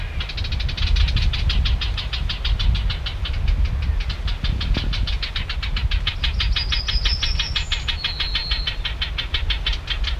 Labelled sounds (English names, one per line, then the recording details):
Barred Warbler alarm call
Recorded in the wild
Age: adult
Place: Elbholzallee (Gartow), Niedersachsen, DE
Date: 1969-06-14
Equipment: Halbspur, 9,5 cm/s
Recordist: Lütgens, Hans